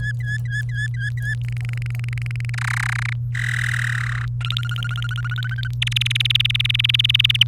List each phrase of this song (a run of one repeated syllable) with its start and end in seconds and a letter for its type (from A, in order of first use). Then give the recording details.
0.00-1.34 A, 1.42-2.50 B, 2.54-3.13 C, 3.35-4.25 D, 4.41-5.68 E, 5.82-7.43 F. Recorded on 28 April 2018 at 07:52. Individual llb3